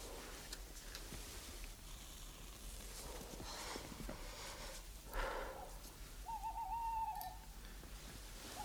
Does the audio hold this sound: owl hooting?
yes